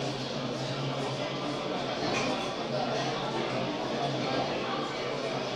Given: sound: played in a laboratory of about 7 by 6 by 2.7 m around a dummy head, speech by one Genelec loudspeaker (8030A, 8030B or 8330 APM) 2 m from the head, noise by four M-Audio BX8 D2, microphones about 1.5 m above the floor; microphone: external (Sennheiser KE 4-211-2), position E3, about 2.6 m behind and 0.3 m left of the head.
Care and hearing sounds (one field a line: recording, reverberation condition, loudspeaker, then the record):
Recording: cafeteria noise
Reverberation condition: medium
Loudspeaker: four, about 170 cm from the corners of the room and facing them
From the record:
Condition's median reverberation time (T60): about 510 ms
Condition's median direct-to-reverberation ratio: about -0.5 dB